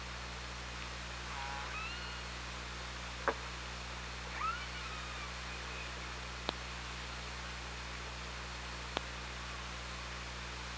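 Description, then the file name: Orca calls: a pulsed, harmonic call wavering near the start, then a shorter rising-and-falling tonal call midway, with a few sharp clicks over steady underwater hiss and hum. Recorded by OrcaLab hydrophone on 24 August 2017 at 16:52. "Orca Lab UTLN JASON 20170824 165228"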